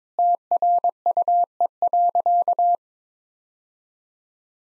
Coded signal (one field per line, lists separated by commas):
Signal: Morse code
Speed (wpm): 22 wpm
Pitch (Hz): 700 Hz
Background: none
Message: TRUE.